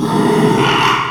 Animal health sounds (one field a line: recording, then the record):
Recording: squeal of a Yucatan mini pig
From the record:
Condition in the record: after surgery on the right vocal fold (resection and tissue-engineered implant)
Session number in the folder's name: 1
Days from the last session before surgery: 6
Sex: male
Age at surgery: 12 weeks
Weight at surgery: 13 kg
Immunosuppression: cyclosporine, prednisolone